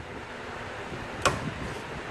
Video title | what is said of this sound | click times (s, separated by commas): Hellcat intake install for Charger Scat Pack!!!!!!!!!! | you hear it click now this is a lot more stable which is highly beneficial but first | 1.3 s